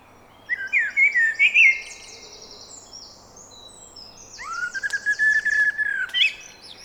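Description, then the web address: Eurasian blackbird delivering a jumbled warble with high squeaky twitters, pausing, then a drawn-out whistle overlaid with more scratchy high notes. "SETE data Turdus merula"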